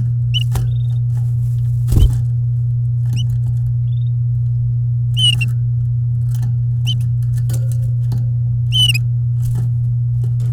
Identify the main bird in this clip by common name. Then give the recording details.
Domestic Canary. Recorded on 9 May 2018 at 09:34. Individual llb16